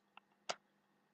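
After filling a Geekvape Zeus RTA atomizer (4 ml capacity, filled partway), the top cap is put back on and pressed into its notches before a quarter turn. A faint tick sounds at 0.2 s, then a sharp, bright snap at 0.5 s as the top cap seats in its notches.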